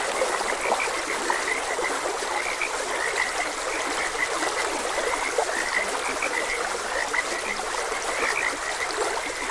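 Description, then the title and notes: Frogs croaking, short chirpy notes repeated irregularly throughout, half-buried under the steady rush and trickle of flowing stream water. Frogs croaking beside a gentle stream. "Frogs Croaking. Sleep and Relaxation Podcast"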